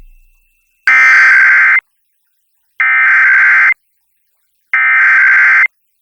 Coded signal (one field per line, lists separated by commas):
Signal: Emergency Alert System (SAME) tones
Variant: header bursts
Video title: Emergency Alert System Roundup 3/3/2021